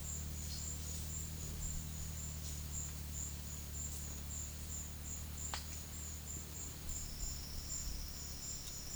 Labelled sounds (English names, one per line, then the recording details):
none
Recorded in pastures near Puerto Asís, Putumayo, Colombia, on 12 March 2025 at 12:00
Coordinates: 0.505, -76.324
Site GP08